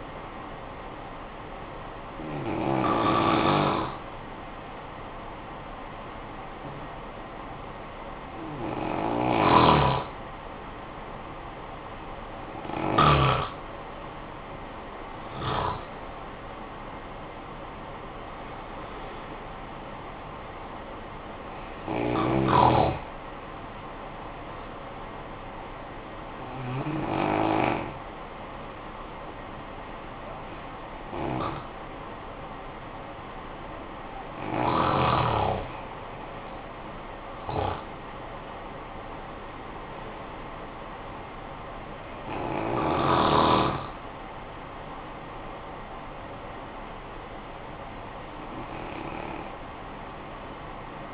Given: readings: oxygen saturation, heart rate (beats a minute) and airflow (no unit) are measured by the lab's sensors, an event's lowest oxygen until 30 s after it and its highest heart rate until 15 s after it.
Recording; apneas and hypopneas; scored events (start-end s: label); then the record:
breathing in sleep by a voice recorder at the bedside; 1
3.00-19.70 s: hypopnea (N1, oxygen 94% highest, then 90% lowest, heart rate 55 at the start, 64 highest)
From the record:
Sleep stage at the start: N1 (lightest sleep); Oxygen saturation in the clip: 90 to 94%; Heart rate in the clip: 51 to 70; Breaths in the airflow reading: 11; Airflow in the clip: -10.1 to 9.8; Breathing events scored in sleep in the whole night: 445 in 7.6 hours asleep